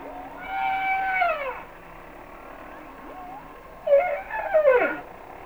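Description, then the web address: Humpback whale song with a long falling harmonic wail, a pause with faint moans, then wavering downward-swooping cries. "Whale Songs Sounds of Nature - Humpback Whales"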